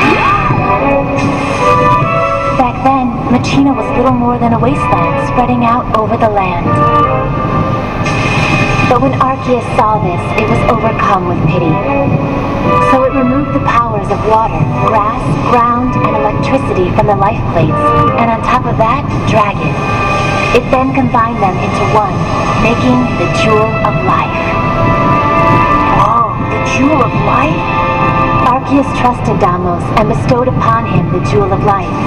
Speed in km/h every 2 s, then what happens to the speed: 114, 113, 112, 111, 111, 112, 111, 111, 111, 111, 112, 112, 112, 112, 112, 111.
0-32 steady at about 112.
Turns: none.